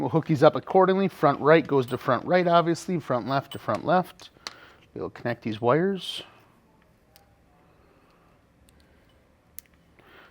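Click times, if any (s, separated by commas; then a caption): 9.6 s. Someone talks, then two halves of a plastic waterproof wiring connector for the front turn signals on an Xpedition, part of a RAVEK Speakeasy turn signal kit, are pushed together. After faint handling noise, a sharp, secure click is heard at 9.6 seconds as the connector seats into its mating connector.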